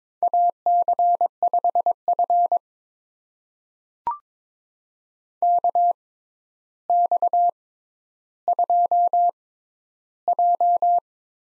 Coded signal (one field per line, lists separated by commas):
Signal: Morse code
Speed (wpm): 22 wpm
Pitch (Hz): 700 Hz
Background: none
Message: AC5F KX2J